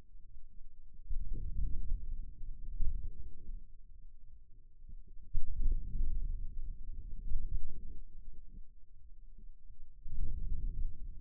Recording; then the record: forearm muscle sounds (acoustic myography)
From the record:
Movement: outward rotation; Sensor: system 2, bracelet of six BSWA MPA416 microphones around the upper forearm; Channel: 1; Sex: male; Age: 22 years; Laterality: right